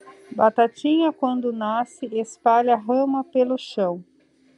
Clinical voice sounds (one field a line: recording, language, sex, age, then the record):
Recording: short text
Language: Brazilian Portuguese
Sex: female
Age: 40 to 49 years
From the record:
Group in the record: control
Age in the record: 47 years